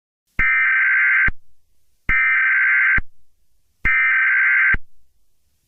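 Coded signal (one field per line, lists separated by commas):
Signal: Emergency Alert System (SAME) tones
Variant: header bursts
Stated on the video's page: Fictional EAS scenario.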